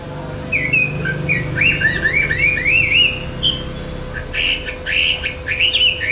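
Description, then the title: Bird song: a run of quick rising and falling whistled notes, then a burst of brighter chirps near the end, over a steady low hum. "SuaraBurung Kicau6"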